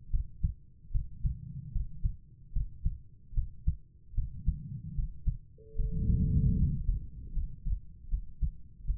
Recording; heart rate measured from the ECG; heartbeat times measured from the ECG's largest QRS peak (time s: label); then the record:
heart sounds by stethoscope; 76 bpm
0.10 s: heartbeat
0.91 s: heartbeat
1.71 s: heartbeat
2.52 s: heartbeat
3.33 s: heartbeat
4.14 s: heartbeat
4.94 s: heartbeat
5.75 s: heartbeat
6.56 s: heartbeat
7.32 s: heartbeat
8.08 s: heartbeat
8.84 s: heartbeat
From the record:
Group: healthy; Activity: rest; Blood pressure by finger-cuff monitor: 97/70 mmHg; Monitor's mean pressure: 80 mmHg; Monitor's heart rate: 74 bpm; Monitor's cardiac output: 5.6 L/min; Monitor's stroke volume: 76 mL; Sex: female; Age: 32 years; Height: 172 cm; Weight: 71.7 kg